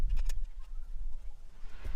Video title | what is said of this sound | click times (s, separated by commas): Tesla Model 3/Y Screen Tilt | That does kind of click into place, so you kind of know that you got it. | 0.3 s